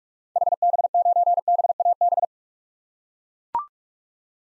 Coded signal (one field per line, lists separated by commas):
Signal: Morse code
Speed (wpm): 42 wpm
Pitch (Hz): 700 Hz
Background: none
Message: HB9BAB